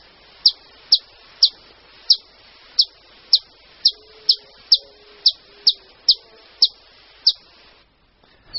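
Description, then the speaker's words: Rufous-collared sparrow giving many crisp, high, downslurred notes in a long series, with faint low tones underneath. Known locally as chingolo; lives in the suburban belt of Buenos Aires, an intermediate zone, avoiding the noisy, polluted city and open countryside. "Pero vamos a escuchar a un trino del chingolo."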